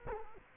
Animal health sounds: mosquito wingbeat signal from an infrared sensor; Culex quinquefasciatus

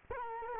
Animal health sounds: mosquito wingbeat signal from an infrared sensor; Culex quinquefasciatus

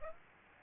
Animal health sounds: mosquito wingbeat signal from an infrared sensor; Aedes aegypti

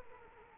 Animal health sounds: mosquito wingbeat signal from an infrared sensor; Culex quinquefasciatus

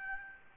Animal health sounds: mosquito wingbeat signal from an infrared sensor; Aedes albopictus

